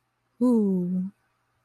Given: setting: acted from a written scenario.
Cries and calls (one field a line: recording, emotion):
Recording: vocal sound without words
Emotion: serenity